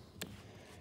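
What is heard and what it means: A hex screwdriver bit, lined up with the three jaws of a keyless drill chuck, is tightened until the chuck clicks. A single sharp click sounds at 0.2 s over a quiet background. The bit is seated tight in the chuck.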